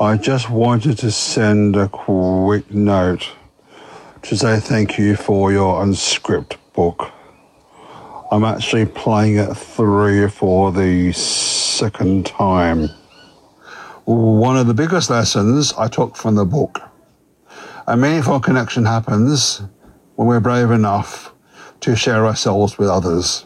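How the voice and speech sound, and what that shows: An adult man who stutters reads a short thank-you message in a deep, steady voice at a slow, deliberate pace. Some sounds are drawn out, with long pauses of about one second between phrases, fitting stuttering speech under careful control. Living with a stutter has made communication challenging throughout his life.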